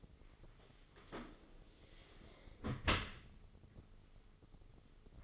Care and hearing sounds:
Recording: daily activity, microphone in the room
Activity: close dishwasher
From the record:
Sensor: 4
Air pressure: 996.6 hPa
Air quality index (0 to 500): 88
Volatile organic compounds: 4 ppm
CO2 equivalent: 1702 ppm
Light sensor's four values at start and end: 20/54/21/23 and 20/53/21/23

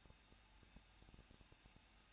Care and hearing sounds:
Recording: daily activity, microphone in the room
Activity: no activity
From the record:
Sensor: 2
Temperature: 21.0 degrees Celsius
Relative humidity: 37.5%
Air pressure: 1006.3 hPa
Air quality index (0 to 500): 223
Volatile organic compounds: 25 ppm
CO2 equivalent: 2828 ppm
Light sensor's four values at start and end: 2/3/2/2 and 2/3/2/2

